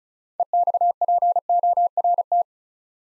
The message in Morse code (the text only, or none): EXPORT